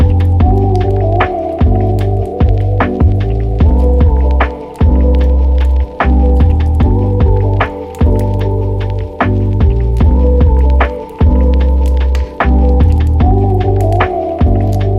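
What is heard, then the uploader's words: A mellow lo-fi loop of deep, sustained bass chords shifting every second or so, with frequent sharp fireplace crackles and pops scattered throughout. FIREPLACE AMBIENCE & LOFI.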